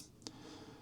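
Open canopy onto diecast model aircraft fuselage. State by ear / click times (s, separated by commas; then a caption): not seated / none. The open canopy part of a 1:72 Hobby Master diecast MiG-21 model in Slovak Air Force markings (HA0153) is pressed onto the fuselage. A faint tap is heard at 0.2 s and a sharper, brief tick at 0.3 s against a quiet background. Nothing has clicked into place; the canopy sits pushed up and does not engage.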